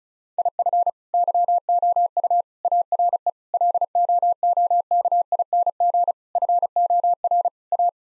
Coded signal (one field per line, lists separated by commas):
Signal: Morse code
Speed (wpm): 36 wpm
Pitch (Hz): 700 Hz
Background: none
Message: IF YOU ARE LOOKING FOR A